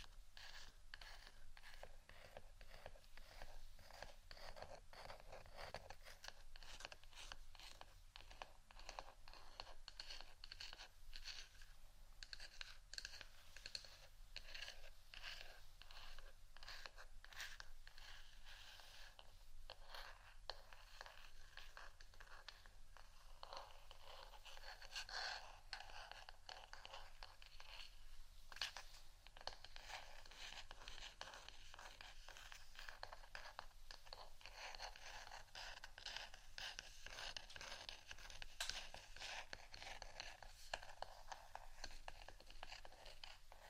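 Continuous scratching runs the full length, a dense stream of quick, rough strokes with no real pauses. The sound is mostly bright and raspy, with steady loudness and occasional sharper scrapes, such as around 25 and 28 seconds.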